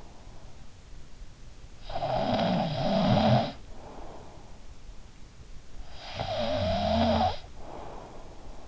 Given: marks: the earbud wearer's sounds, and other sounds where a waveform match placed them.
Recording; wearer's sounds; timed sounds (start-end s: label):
sounds in sleep by an in-ear microphone; snoring breath
1.62-4.71 s: snoring breath
5.82-8.68 s: snoring breath